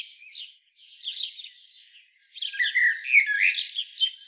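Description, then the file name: Common blackbird with soft chattering notes, then a loud phrase of warbles and high squeaks during the final two seconds. "Turdus merula"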